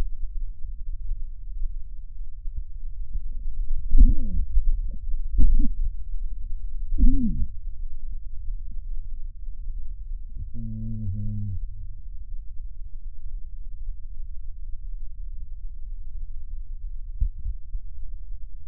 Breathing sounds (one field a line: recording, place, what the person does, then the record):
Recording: lung sounds by stethoscope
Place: left posterior basal chest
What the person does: quiet breathing, then cough and speech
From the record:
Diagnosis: COPD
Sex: male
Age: 69 years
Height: 162 cm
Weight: 124.8 kg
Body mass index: 47.6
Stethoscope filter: bell mode